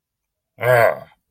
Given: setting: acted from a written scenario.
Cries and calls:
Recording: vocal sound without words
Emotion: anger

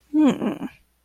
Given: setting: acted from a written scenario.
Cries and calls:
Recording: vocal sound without words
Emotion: contempt

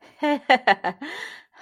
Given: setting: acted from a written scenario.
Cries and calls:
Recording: vocal sound without words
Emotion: pride

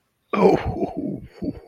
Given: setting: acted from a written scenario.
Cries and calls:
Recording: vocal sound without words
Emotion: amusement

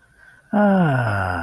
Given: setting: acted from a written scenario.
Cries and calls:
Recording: vocal sound without words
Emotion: serenity

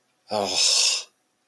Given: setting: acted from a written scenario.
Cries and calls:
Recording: vocal sound without words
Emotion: shame

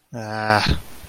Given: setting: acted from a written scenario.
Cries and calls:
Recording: vocal sound without words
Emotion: disappointment

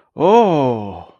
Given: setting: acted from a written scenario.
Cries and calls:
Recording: vocal sound without words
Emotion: realization

